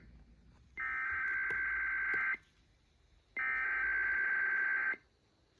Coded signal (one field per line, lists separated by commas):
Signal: Emergency Alert System (SAME) tones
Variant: header bursts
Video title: IPAWSCAP RWTs & More (EAS #1001-#1014)